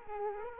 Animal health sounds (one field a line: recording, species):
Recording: mosquito wingbeat signal from an infrared sensor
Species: Culex quinquefasciatus